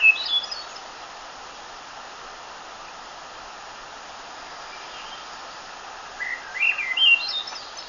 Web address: birdwatchernj birdsongs thrush swainsons